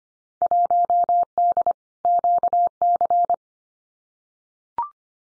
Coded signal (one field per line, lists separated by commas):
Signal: Morse code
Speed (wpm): 25 wpm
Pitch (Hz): 700 Hz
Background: none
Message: 1D QC